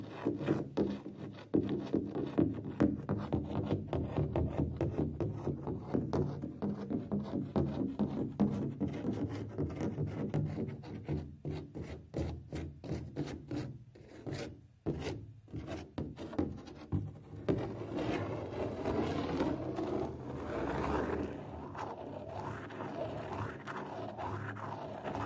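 Scratching and rubbing on a drum, a dense, rasping texture of quick strokes that fills the first fifteen seconds, thinning into choppier bursts around the middle. From about seventeen seconds a smoother, steadier brushing takes over with a wavering, higher ringing tone above it.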